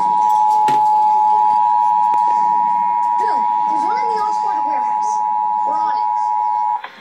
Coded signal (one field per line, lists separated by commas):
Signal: Emergency Alert System (SAME) tones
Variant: 853 and 960 Hz attention tone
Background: speech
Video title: Tornado Warning (EAS #165)